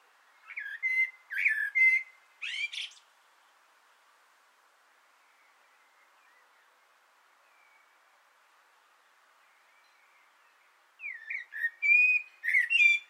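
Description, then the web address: Common blackbird: a few rich warbled notes with a squeaky tail, several seconds of quiet, then a fresh phrase of flowing fluty whistles. On an antenna, 6 June 2025. "Naturinspelningar Koltrast på antennen 2025 06 06"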